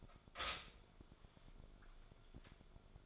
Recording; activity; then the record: daily activity, microphone in the room; stop toaster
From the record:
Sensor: 5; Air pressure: 1014.8 hPa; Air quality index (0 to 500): 197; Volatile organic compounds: 8 ppm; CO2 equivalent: 2094 ppm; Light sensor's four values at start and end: 16/37/14/13 and 16/37/14/13